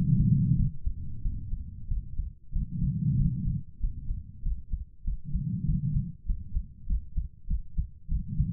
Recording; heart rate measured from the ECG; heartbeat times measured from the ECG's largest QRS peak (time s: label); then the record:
heart sounds by stethoscope; 96 bpm
0.55 s: heartbeat
1.21 s: heartbeat
1.87 s: heartbeat
2.52 s: heartbeat
3.16 s: heartbeat
3.79 s: heartbeat
4.42 s: heartbeat
5.03 s: heartbeat
5.64 s: heartbeat
6.25 s: heartbeat
6.86 s: heartbeat
7.46 s: heartbeat
8.07 s: heartbeat
From the record:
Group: healthy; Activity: rest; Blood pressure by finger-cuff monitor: 119/67 mmHg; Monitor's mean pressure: 84 mmHg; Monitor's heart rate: 97 bpm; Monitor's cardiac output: 7.7 L/min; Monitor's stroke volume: 78 mL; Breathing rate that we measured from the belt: 23 breaths a minute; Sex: female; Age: 32 years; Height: 172 cm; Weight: 71.7 kg